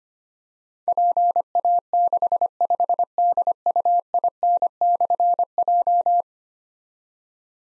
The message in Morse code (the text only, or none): PA65DUIN/J